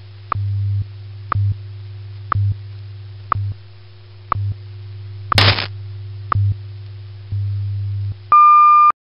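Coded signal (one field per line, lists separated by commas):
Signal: radio time signal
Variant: WWVH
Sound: low hum with sharp ticks every second, one crackly burst, then a long high beep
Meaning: The long tone marks the start of a new minute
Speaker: at the tone 16 hours 53 minutes coordinated universal time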